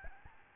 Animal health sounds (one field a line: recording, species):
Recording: mosquito wingbeat signal from an infrared sensor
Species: Aedes albopictus